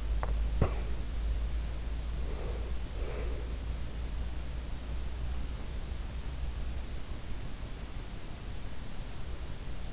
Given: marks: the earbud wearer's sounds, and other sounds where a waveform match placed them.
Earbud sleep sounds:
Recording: sounds in sleep by an in-ear microphone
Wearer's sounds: teeth grinding, breath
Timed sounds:
0.00-0.44 s: teeth grinding
0.62-1.20 s: breath
2.22-3.96 s: breath

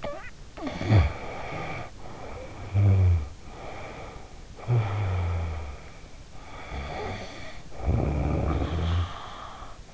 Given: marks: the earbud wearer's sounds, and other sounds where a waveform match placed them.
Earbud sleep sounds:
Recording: sounds in sleep by an in-ear microphone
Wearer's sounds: snoring breath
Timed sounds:
0.00-3.37 s: snoring breath
3.47-6.37 s: snoring breath
6.46-9.85 s: snoring breath

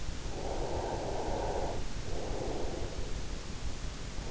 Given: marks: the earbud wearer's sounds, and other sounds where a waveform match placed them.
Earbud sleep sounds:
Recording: sounds in sleep by an in-ear microphone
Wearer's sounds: breath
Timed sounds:
0.31-3.03 s: breath

